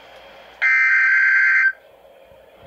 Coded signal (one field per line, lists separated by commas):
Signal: Emergency Alert System (SAME) tones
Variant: header bursts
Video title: RWT (EAS#1)